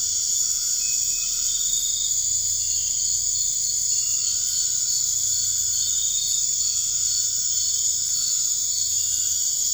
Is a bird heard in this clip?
no